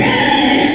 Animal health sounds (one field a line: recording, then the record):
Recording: squeal of a Yucatan mini pig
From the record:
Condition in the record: before surgery on the right vocal fold (resection and tissue-engineered implant)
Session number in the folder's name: 2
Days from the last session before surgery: 0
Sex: male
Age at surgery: 12 weeks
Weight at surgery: 13 kg